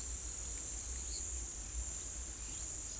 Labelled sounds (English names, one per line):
none